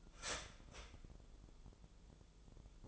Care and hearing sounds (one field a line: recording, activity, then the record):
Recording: daily activity, microphone in the room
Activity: start toaster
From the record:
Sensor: 5